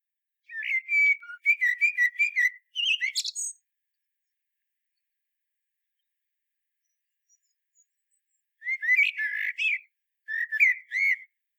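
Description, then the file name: Common blackbird song: a mellow, fluted whistled phrase of several notes ending in a squeaky flourish, then a long pause and a second warbled phrase. "Turdus merula"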